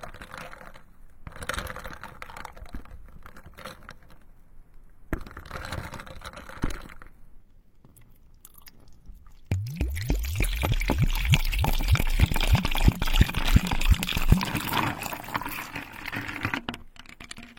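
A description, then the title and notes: Soft wet squishing and clicking comes in uneven bursts, then after ten seconds a dense run of rapid crackling, popping taps lasts nearly to the end. The soul senses of ice cubes and water, ear picking experience.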